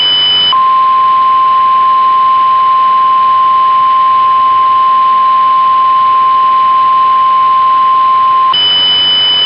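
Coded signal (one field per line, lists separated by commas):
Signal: Emergency Alert System (SAME) tones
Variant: 1050 Hz attention tone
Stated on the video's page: Mock severe thunderstorm warning with SAME tones, made with Keynote, with a VHS effect applied in Audacity.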